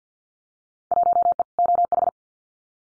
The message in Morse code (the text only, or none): 1E OH